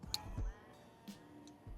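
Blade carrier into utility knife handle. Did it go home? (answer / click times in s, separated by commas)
yes / 0.1 s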